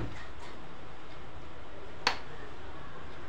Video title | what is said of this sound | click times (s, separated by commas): PART 2 led back light with - acrylic pannel making work for low cost for oder # contact 8897542163 | ఈ విధంగా మనం లాక్స్ వేస్తే ఈ వుడెన్ అనేది లాక్ అయిపోతుంది, బయటికి రాదు. | 2.1 s